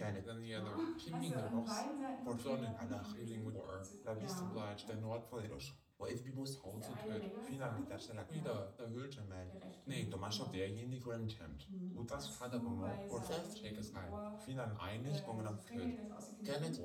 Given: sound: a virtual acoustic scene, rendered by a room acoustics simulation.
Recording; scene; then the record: noise of the scene; living room, asymmetric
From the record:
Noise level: 67 dB SPL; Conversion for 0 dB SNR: 5.4 dB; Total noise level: 72.4 dB SPL